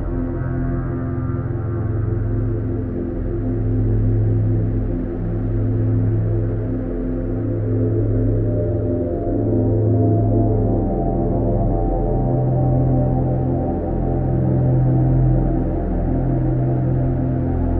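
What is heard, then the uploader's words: A steady, low tonal drone with layered humming tones and slow pulsing swells every couple of seconds, calm and unchanging throughout, with no bright sounds. 285 Hz Solfeggio. Binaural Beats.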